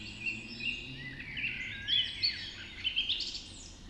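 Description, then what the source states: Dawn chorus birds singing at once, a busy weave of high chirps and clear whistled notes with repeated brighter accents, low hum underneath. Dawn chorus recorded just after dawn in the Forest of Dean.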